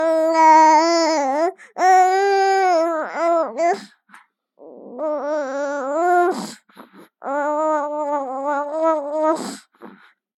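Drawn-out, high-pitched whines from a 3-month-old baby boy, with brief gurgling sounds between them, typical fussing of a young infant.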